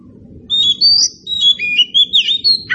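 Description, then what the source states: Oriental magpie-robin singing clear, ringing whistles and twisting slurred notes in quick succession over a constant low rumbling noise. Indonesian title says the recording is meant to make magpie-robins sing in reply.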